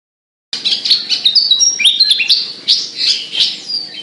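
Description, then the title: Javan bush lark singing a dense, high-pitched jumble of chirps and thin whistles, starting abruptly after a brief silence and continuing without pause. Local name branjangan; song described as gacor. "Branjangan Gacor Petir 1"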